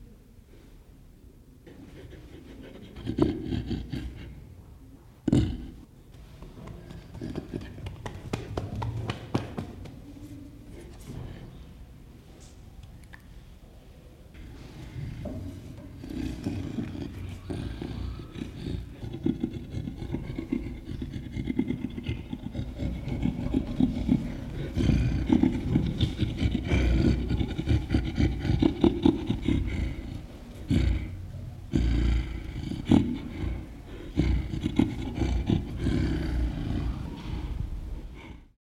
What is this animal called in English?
Western Gorilla